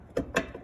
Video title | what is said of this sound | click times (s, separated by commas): Recharge Your Vehicles A/C | back on just like that and then they're locked into place | 0.2 s, 0.4 s